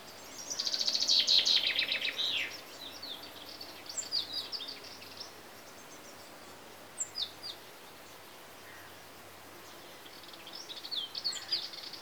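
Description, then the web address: Common chaffinch song: a loud descending trill of rapid notes ending in a brief flourish, followed by scattered fainter chirps. Chaffinches recorded in Greece, with insects audible. "BBC Sound Effects Library. Greece. Birds (Chaffinches) And Insects"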